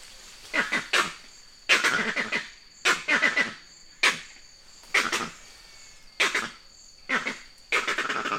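Vervet monkey calling in rhythmic harsh bursts roughly once a second, each a short cluster of raspy pulses, with a faint steady high insect tone.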